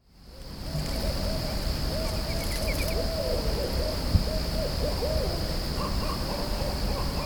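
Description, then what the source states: Barred owl hooting, a series of low, slurred hoots, with a steady high-pitched hum throughout and a few faint higher calls. Several barred owls calling with crows at Mountain Lake, Virginia, under a bright moon near midnight on August 5, 2017.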